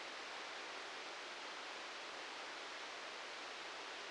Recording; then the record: brain microelectrode recording played as sound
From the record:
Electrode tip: outside the subthalamic nucleus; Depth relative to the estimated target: -9 mm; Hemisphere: left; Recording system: NeuroSet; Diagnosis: Parkinson's disease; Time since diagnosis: 13 years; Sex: male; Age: 66 years